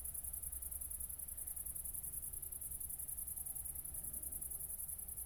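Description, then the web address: Cricket stridulation, a shrill continuous pulsing at high pitch that never pauses, with low rumbling noise underneath. Recorded at night, around 00:53, on 4 August 2014 at Nordring, Kirchmöser, Brandenburg, Germany. "aporee City Country Me Brandenburg Kirchmoeser Nordring Grillen 201408040053 OLBIN"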